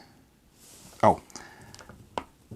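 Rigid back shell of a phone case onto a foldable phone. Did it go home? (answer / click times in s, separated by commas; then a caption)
yes / 2.2 s. Someone talks while pressing the rigid plastic back shell of an iBlason Armor Box case onto a Samsung Galaxy Z Fold4 foldable phone, after re-aligning the camera cutout because it had been set too far over the ridges around the camera lens. A sharp pop is heard at 2.2 s as the back shell snaps into place and seats on the phone.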